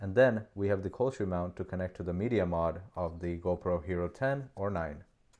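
Someone talks while handling a small LED light, whose cold shoe foot is about to be pushed into the cold shoe mount on the media mod of a GoPro Hero 10 or 9. Only speech is heard, with no distinct snap. Nothing has seated or clicked yet when the clip ends.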